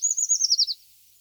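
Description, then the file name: Eurasian treecreeper song: one brief, very high, thin phrase of quick notes that slide gradually downward, lasting under a second, then silence. "certhia familiaris"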